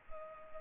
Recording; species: mosquito wingbeat signal from an infrared sensor; Culex pipiens